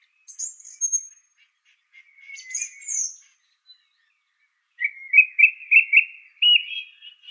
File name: suara kicauan burung song thrush. omkicau